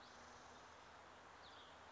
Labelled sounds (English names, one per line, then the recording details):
Spotted Towhee
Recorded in Sonoma County, California